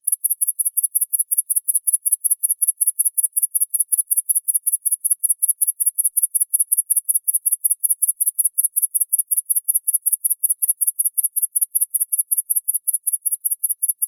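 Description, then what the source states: Grasshopper producing an unbroken train of rapid, shrill chirps, steady in pitch and rhythm throughout. In a neighbour's tree; recording noise-reduced.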